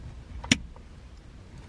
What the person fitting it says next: did you hear that click that was nice woo